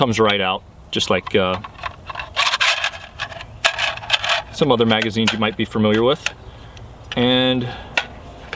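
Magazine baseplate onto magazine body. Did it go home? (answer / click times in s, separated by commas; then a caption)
yes / 8.0 s. A polymer floorplate is slid back onto a rifle magazine body while someone talks, with scattered light clicks and handling rubs in between. The baseplate locks into place with a sharp click at 8.0 s, followed by a smaller tap.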